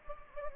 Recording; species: mosquito wingbeat signal from an infrared sensor; Anopheles gambiae